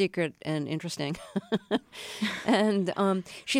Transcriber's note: laughter